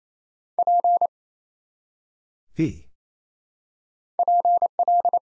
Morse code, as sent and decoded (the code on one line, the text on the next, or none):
.--. / .--. .-..
P PL